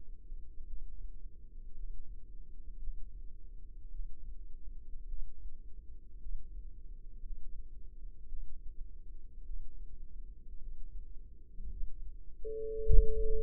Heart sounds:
heart sounds by microphone in the left ear; 54 bpm
0.67 s: heartbeat
1.74 s: heartbeat
2.78 s: heartbeat
3.90 s: heartbeat
5.07 s: heartbeat
6.20 s: heartbeat
7.22 s: heartbeat
8.28 s: heartbeat
9.44 s: heartbeat
10.58 s: heartbeat
11.68 s: heartbeat
12.82 s: heartbeat
From the record:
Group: healthy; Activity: rest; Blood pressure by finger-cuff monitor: 88/54 mmHg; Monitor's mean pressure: 65 mmHg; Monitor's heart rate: 55 bpm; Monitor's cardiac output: 4.9 L/min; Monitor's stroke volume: 90 mL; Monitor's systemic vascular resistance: 930 dyn s/cm5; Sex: female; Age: 28 years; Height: 170 cm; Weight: 77 kg

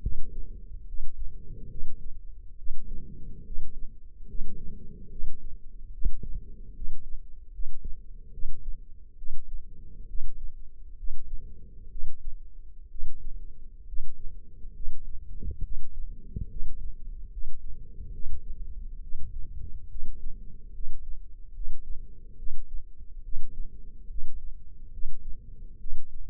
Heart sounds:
heart sounds by microphone in the left ear; 70 bpm
0.02 s: heartbeat
0.87 s: heartbeat
1.69 s: heartbeat
2.57 s: heartbeat
3.45 s: heartbeat
4.28 s: heartbeat
5.10 s: heartbeat
5.93 s: heartbeat
6.75 s: heartbeat
7.52 s: heartbeat
8.32 s: heartbeat
9.17 s: heartbeat
10.08 s: heartbeat
10.97 s: heartbeat
11.90 s: heartbeat
12.90 s: heartbeat
13.86 s: heartbeat
14.74 s: heartbeat
15.63 s: heartbeat
16.49 s: heartbeat
17.31 s: heartbeat
18.12 s: heartbeat
19.02 s: heartbeat
19.89 s: heartbeat
20.73 s: heartbeat
21.54 s: heartbeat
22.37 s: heartbeat
23.23 s: heartbeat
24.09 s: heartbeat
24.92 s: heartbeat
25.79 s: heartbeat
From the record:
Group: healthy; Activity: rest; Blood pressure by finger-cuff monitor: 138/81 mmHg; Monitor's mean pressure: 101 mmHg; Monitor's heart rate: 72 bpm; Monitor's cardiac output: 5.9 L/min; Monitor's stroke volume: 80 mL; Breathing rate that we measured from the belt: 18 breaths a minute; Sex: male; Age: 35 years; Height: 178 cm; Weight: 64 kg

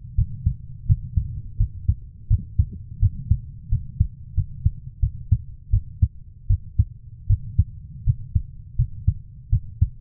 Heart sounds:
heart sounds by stethoscope; 83 bpm
0.16 s: heartbeat
0.87 s: heartbeat
1.58 s: heartbeat
2.28 s: heartbeat
3.00 s: heartbeat
3.69 s: heartbeat
4.35 s: heartbeat
5.00 s: heartbeat
5.71 s: heartbeat
6.47 s: heartbeat
7.27 s: heartbeat
8.04 s: heartbeat
8.76 s: heartbeat
9.50 s: heartbeat
From the record:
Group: healthy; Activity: cold pressor test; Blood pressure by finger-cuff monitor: 120/72 mmHg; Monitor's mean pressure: 91 mmHg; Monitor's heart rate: 84 bpm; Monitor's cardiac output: 6.9 L/min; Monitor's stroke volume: 84 mL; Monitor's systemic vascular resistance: 940 dyn s/cm5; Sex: female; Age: 24 years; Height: 163 cm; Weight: 55.7 kg

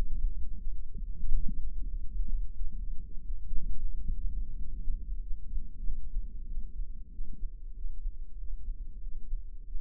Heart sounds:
heart sounds by microphone in the left ear; 93 bpm
0.61 s: heartbeat
1.28 s: heartbeat
1.92 s: heartbeat
2.58 s: heartbeat
3.27 s: heartbeat
3.95 s: heartbeat
4.60 s: heartbeat
5.23 s: heartbeat
5.86 s: heartbeat
6.50 s: heartbeat
7.14 s: heartbeat
7.77 s: heartbeat
8.41 s: heartbeat
9.04 s: heartbeat
9.68 s: heartbeat
From the record:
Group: healthy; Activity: rest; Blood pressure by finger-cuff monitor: 134/73 mmHg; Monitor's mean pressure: 92 mmHg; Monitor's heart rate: 94 bpm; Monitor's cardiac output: 7.9 L/min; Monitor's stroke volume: 86 mL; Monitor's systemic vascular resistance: 840 dyn s/cm5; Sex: male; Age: 21 years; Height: 175 cm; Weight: 72.6 kg

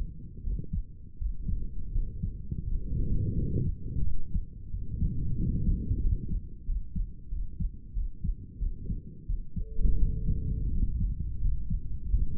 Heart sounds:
heart sounds by stethoscope; 87 bpm
0.42 s: heartbeat
1.17 s: heartbeat
1.91 s: heartbeat
2.64 s: heartbeat
3.34 s: heartbeat
4.03 s: heartbeat
4.70 s: heartbeat
5.36 s: heartbeat
6.01 s: heartbeat
6.65 s: heartbeat
7.29 s: heartbeat
7.94 s: heartbeat
8.59 s: heartbeat
9.26 s: heartbeat
9.99 s: heartbeat
10.71 s: heartbeat
11.40 s: heartbeat
12.11 s: heartbeat
From the record:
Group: healthy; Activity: rest 0-11 s, cold pressor test 11-12 s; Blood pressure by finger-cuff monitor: 118/75 mmHg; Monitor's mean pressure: 84 mmHg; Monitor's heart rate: 87 bpm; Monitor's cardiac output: 7 L/min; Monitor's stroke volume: 81 mL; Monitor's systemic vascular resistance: 900 dyn s/cm5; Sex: male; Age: 35 years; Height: 180 cm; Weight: 86.9 kg

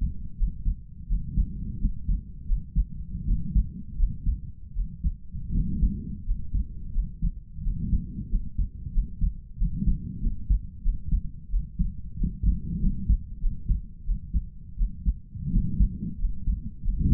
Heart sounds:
heart sounds by stethoscope; 88 bpm
0.35 s: heartbeat
1.06 s: heartbeat
1.78 s: heartbeat
2.45 s: heartbeat
3.24 s: heartbeat
3.95 s: heartbeat
4.72 s: heartbeat
5.51 s: heartbeat
6.24 s: heartbeat
6.91 s: heartbeat
7.61 s: heartbeat
8.28 s: heartbeat
8.90 s: heartbeat
9.55 s: heartbeat
10.19 s: heartbeat
10.81 s: heartbeat
11.48 s: heartbeat
12.15 s: heartbeat
12.78 s: heartbeat
13.38 s: heartbeat
14.03 s: heartbeat
14.75 s: heartbeat
15.49 s: heartbeat
16.17 s: heartbeat
16.81 s: heartbeat
From the record:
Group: healthy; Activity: rest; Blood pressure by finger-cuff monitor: 106/68 mmHg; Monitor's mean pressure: 78 mmHg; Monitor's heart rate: 88 bpm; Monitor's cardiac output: 5.9 L/min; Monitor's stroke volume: 68 mL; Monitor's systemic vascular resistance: 970 dyn s/cm5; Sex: male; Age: 22 years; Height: 181 cm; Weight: 60 kg

